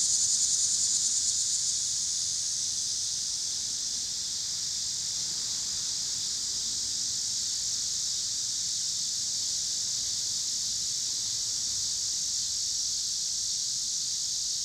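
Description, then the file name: Cicadas give a steady, high, hissing buzz that holds without a break for the whole stretch, with a faint low rumble underneath. Pittsburgh, Pennsylvania, 26 August 2023; recorded with car noise. "cicadas and cars Pittsburgh PA"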